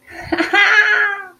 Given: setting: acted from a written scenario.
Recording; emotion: vocal sound without words; triumph